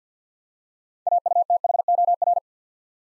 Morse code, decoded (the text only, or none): AUTHOR